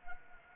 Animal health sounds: mosquito wingbeat signal from an infrared sensor; Anopheles arabiensis

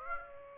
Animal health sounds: mosquito wingbeat signal from an infrared sensor; Aedes aegypti

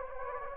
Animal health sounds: mosquito wingbeat signal from an infrared sensor; Anopheles gambiae

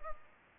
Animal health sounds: mosquito wingbeat signal from an infrared sensor; Culex pipiens

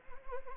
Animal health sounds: mosquito wingbeat signal from an infrared sensor; Anopheles arabiensis

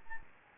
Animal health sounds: mosquito wingbeat signal from an infrared sensor; Anopheles gambiae

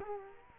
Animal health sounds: mosquito wingbeat signal from an infrared sensor; Culex quinquefasciatus

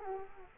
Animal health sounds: mosquito wingbeat signal from an infrared sensor; Culex quinquefasciatus

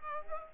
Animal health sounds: mosquito wingbeat signal from an infrared sensor; Culex pipiens

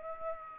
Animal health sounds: mosquito wingbeat signal from an infrared sensor; Aedes aegypti

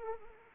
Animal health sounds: mosquito wingbeat signal from an infrared sensor; Anopheles arabiensis

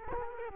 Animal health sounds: mosquito wingbeat signal from an infrared sensor; Culex quinquefasciatus

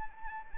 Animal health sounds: mosquito wingbeat signal from an infrared sensor; Anopheles arabiensis

